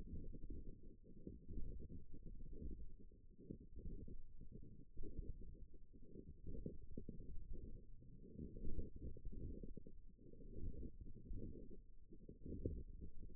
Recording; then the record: forearm muscle sounds (acoustic myography)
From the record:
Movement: wrist flexion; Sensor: system 1, eight BSWA MPA416 microphones around the upper forearm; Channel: 7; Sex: female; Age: 21 years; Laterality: right